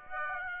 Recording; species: mosquito wingbeat signal from an infrared sensor; Aedes aegypti